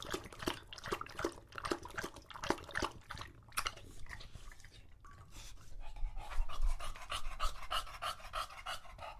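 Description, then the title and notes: English Bulldog lapping water with splashy strokes, easing into fast, steady panting in the second half. Male English Bulldog named Lucho drinking from a water bowl after a long walk, heavily out of breath between drinks. "English Bulldog Drinks from Water Bowl - Weird Sounds. Lucho the English Bulldog as he tries to drink water after a long walk. Don't let his heavy breathing fool you in between drinks, he's equally out of breath from the walk"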